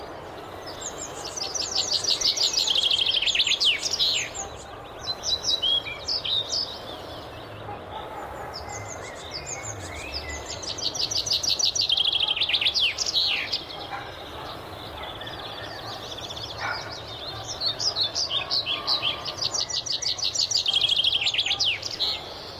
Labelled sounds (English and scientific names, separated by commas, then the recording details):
Common Chaffinch (Fringilla coelebs) song
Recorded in the wild
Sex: male
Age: adult
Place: Mühlenbecker Land, OT Summt, Brandenburg, DE
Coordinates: 52.6931, 13.3619
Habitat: garden
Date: 1988-05-01 15:33
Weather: sunny, 17-25°C
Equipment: Nagra SN, Kopie Tesla B 116
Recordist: Tembrock, Günter